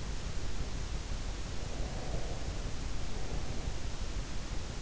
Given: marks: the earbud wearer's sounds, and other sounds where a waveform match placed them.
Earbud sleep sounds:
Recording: sounds in sleep by an in-ear microphone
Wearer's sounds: breath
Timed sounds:
1.47-3.89 s: breath

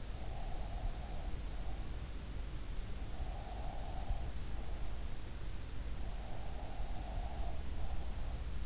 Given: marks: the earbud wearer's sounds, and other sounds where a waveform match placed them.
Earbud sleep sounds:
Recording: sounds in sleep by an in-ear microphone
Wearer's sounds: breath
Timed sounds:
0.09-2.09 s: breath
3.05-5.38 s: breath
6.10-8.66 s: breath

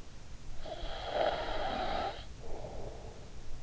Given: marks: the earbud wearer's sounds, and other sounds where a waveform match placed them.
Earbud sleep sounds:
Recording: sounds in sleep by an in-ear microphone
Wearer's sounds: snoring breath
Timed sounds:
0.32-3.63 s: snoring breath

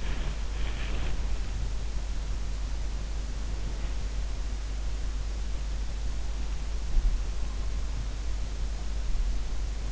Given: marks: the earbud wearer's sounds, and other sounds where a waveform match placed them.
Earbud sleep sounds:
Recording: sounds in sleep by an in-ear microphone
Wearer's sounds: breath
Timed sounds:
0.00-1.29 s: breath

